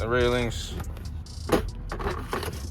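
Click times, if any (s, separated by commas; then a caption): 1.5 s. Someone talks as a completely dead cordless tool battery pack is lined up on its charger's rails and slid along them. It latches into the charger with a click at 1.5 s, after which the charger fans start.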